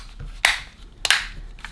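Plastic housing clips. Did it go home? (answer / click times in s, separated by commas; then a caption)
yes / 0.4 s, 1.1 s. A plastic shell half is pressed onto a PS5 DualSense game controller body after its ears are inserted first, reassembling the controller after a battery replacement. Sharp plastic snaps ring out at 0.5 s and 1.1 s, with fainter clicks around them. The shell clips snap home and the shell is fully seated.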